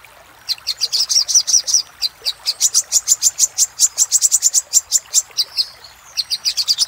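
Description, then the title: Little spiderhunter song: steady rapid stream of high, sharp chip notes lasting several seconds, with a short break near the end. Master recording made for training caged songbirds. "Masteran Burung Sogok Ontong Labaik"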